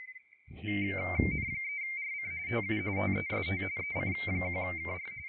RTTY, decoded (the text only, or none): N3RC TU TEST EC1KR